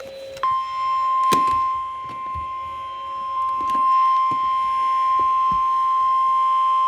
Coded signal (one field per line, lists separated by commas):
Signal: Emergency Alert System (SAME) tones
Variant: 1050 Hz attention tone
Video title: EAS #35 Severe Thunderstorm Warning